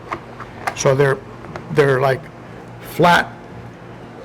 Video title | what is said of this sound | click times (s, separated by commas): SunSun Canister Filter *14 Months Later* [Let's Look Inside!] | They're supposed to be able to sit on top of each other and lock in place. | 0.1 s